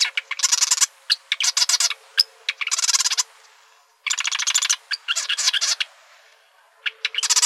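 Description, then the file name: Marsh wren delivers fast buzzy rattles and clicking notes in quick succession, pausing briefly before starting again. Arizona, 4 July 2003. "MAWR 3 deviche"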